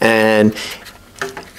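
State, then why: Seated. Someone talks briefly, then the two halves of a plastic B-17 model kit fuselage are pressed together around the interior parts during a dry test fit before gluing. Small clicks are heard at 1.2 s and 1.4 s as the pieces seat themselves, and the halves fit nice and tight with no gap.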